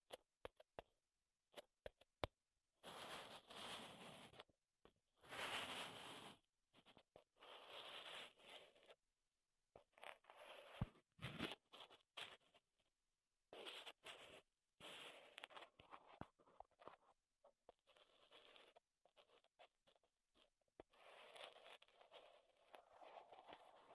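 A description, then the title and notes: Wood being scratched and scraped in short, irregular bursts, each a second or two long and separated by brief silences. Dry, rasping strokes alternate with sharp little taps and clicks, and the sound stays bright and crisp throughout. ASMR Wood Triggers in Your Ears (No Talking).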